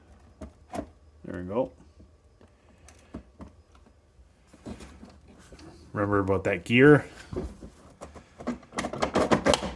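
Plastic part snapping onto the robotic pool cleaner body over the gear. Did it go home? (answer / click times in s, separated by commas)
yes / 9.5 s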